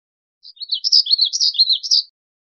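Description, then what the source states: Black-throated gray warbler song: one complete phrase of rapid, buzzy, high notes lasting under two seconds, on a silent background. Recorded 5 May 2001.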